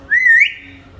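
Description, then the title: Hill myna utters a single clear whistle that rises, wavers and lifts again at the end before fading into low background hum. Lively 'gacor' hill myna singing, offered as 'masteran' tutor audio for training birds. "Suara Burung Beo Gacor Cocok Untuk Masteran"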